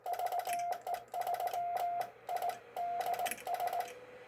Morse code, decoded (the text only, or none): VE3IDS